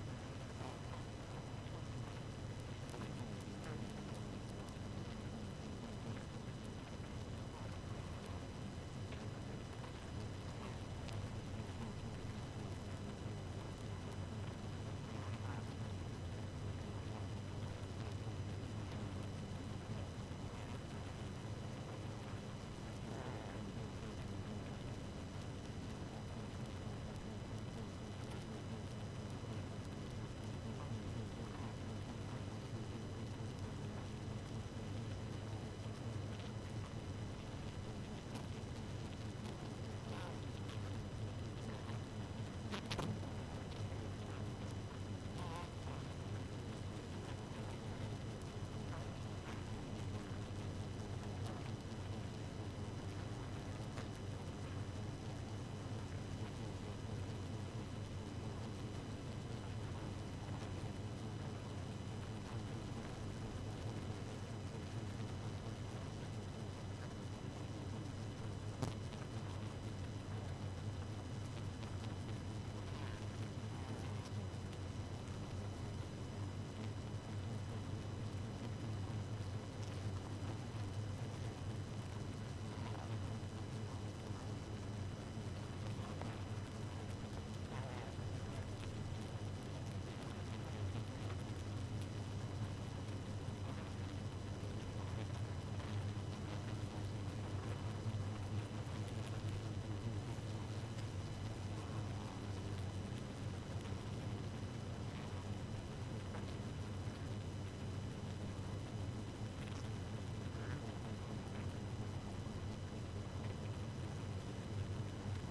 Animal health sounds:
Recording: honeybee colony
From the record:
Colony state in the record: active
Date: 12 June 2018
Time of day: 0:35

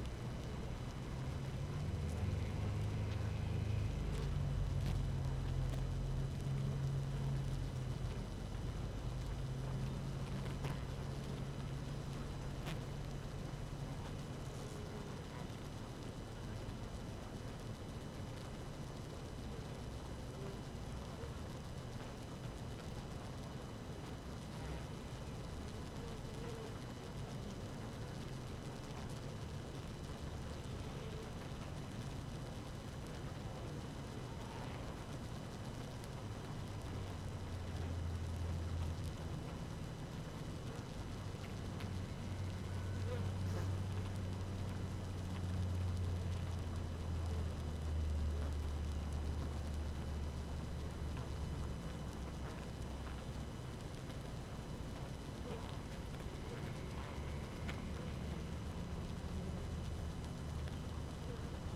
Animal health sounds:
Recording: honeybee colony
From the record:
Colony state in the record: active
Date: 12 June 2018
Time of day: 5:57

